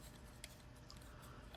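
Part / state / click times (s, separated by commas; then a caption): plastic crane arm piece into a toy playset body / not seated / none. A plastic crane-arm piece (the Gravitron) is handled against the body of a Mighty Max Stings Scorpion toy playset, with faint low-level rustling and small plastic ticks at 0.4 s and 0.9 s. Nothing has seated or clicked into place yet.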